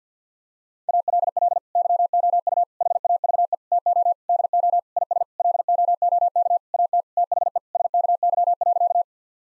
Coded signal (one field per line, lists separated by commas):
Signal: Morse code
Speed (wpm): 48 wpm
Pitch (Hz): 700 Hz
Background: none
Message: ALL YOU HAVE TO DO IS LOOK AT THE SKY.